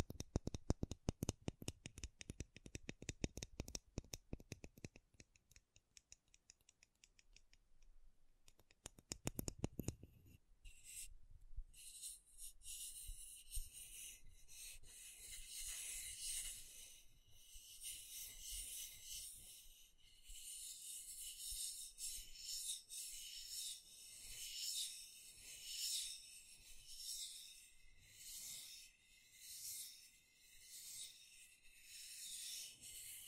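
Makeup tapping and scratching: dense quick taps for the first ten seconds, then steady bright scratching with rhythmic swells until the end.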